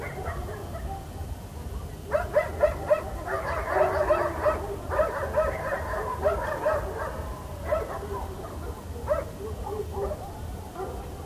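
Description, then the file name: Dogs barking in a dense, overlapping chorus that swells after the first two seconds, then thins to scattered barks over low rumble. Dogs in Almaty. "dogs of almaty"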